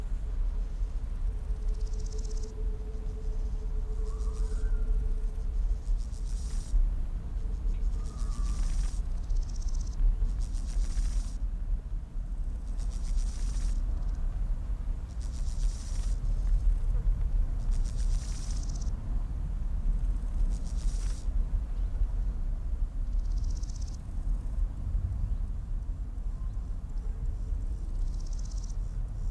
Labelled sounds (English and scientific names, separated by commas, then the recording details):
Steppe Grasshopper (Chorthippus dorsatus) stridulation
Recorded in the wild
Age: imago
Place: Mühlenbecker Teiche, Brandenburg, DE
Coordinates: 52.69, 13.394
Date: 1993-08-14 13:20
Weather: 20°C, sonnig
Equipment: Marantz CP 430, Sennheiser ME 80, Kopie Uher Variocord 263
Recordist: Tembrock, Günter